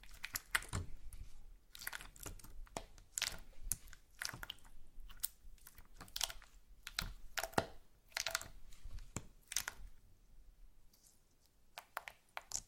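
Slime being squished and pulled, with wet clicks, pops and crackles. The sharp, bright bursts come in irregular clusters over a soft low rumble. Activity is dense through most of the clip, thinning briefly near the ten-second mark before a few final snaps.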